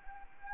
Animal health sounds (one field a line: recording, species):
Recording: mosquito wingbeat signal from an infrared sensor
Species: Anopheles arabiensis